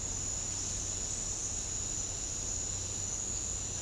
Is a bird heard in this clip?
no